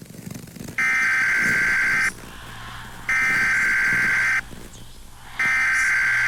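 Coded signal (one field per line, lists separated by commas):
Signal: Emergency Alert System (SAME) tones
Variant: header bursts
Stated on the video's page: Simulated emergency alert in an analog horror piece; fictional national defense alert.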